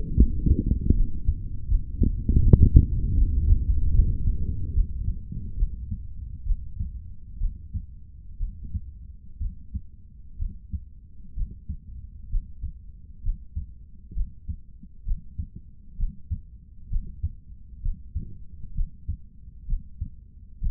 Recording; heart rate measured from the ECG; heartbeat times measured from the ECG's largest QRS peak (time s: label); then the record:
heart sounds by stethoscope; 68 bpm
0.16 s: heartbeat
0.94 s: heartbeat
1.67 s: heartbeat
2.40 s: heartbeat
3.15 s: heartbeat
3.93 s: heartbeat
4.73 s: heartbeat
5.56 s: heartbeat
6.44 s: heartbeat
7.38 s: heartbeat
8.38 s: heartbeat
9.38 s: heartbeat
10.37 s: heartbeat
11.34 s: heartbeat
12.29 s: heartbeat
13.22 s: heartbeat
14.13 s: heartbeat
15.04 s: heartbeat
15.96 s: heartbeat
16.89 s: heartbeat
17.81 s: heartbeat
18.73 s: heartbeat
19.66 s: heartbeat
20.59 s: heartbeat
From the record:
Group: healthy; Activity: Valsalva maneuver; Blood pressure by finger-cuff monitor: 98/65 mmHg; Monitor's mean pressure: 77 mmHg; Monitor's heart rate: 65 bpm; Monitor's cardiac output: 3.5 L/min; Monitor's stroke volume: 54 mL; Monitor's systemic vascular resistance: 1440 dyn s/cm5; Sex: male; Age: 55 years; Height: 167 cm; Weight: 57.2 kg